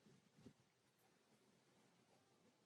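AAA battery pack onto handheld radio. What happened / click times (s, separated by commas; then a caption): The battery pack is being handled but has not latched yet / none. An AAA battery pack is handled against a handheld radio, fitted the same way as the lithium pack, ahead of latching with two clicks. A soft low thump and brief rustle come near 0.5 s, then quiet handling noise. Nothing has seated or clicked yet.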